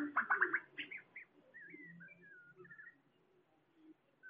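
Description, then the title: Bird song opening with a loud rapid cluster of chirps, then softer drawn-out whistled slurs that fade away. "SuaraBurung Kicau"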